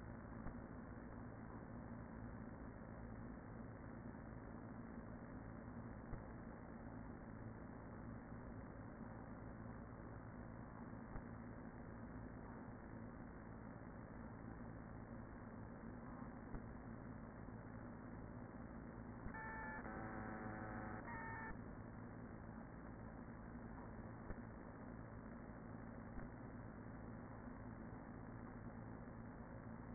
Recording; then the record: honeybee colony, microphone inside the hive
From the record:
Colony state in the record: queen present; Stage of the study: after two queens were removed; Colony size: about 40,000 bees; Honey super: no